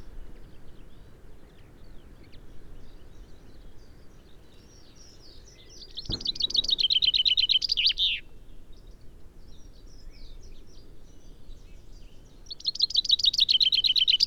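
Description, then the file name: Common chaffinch song: a bright, descending rattling phrase ending in a flourish, with a brief thump just before it and faint chirps, then a second phrase about six seconds later, cut off at the end. "Fringilla coelebs"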